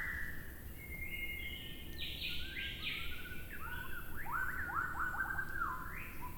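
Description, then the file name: White-rumped shama song: a rich run of clear whistles, rising and falling slurs and sharp upsweeps in quick succession, over a low rumbling background. Recorded at Shoushan. "壽山-白腰鵲鴝"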